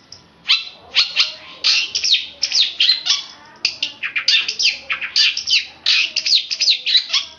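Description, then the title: Oriental magpie-robin delivering a continuous stream of scratchy, varied chirps and trills with hardly any pauses. Long-duration chirping song. "Kicau Kacer"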